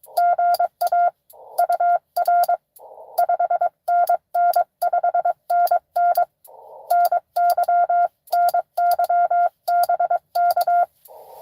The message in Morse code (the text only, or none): GA UR 5NN 5NN NY NY BK